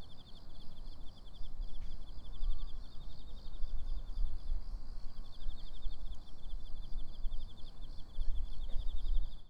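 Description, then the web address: Insects: rapid pulsed chirping runs almost continuously, with a fainter higher band, under a loud low wind-like rumble. Insects recorded in a park on 30 September 2011. "shinobuyama 110930 sinobuyama park insects"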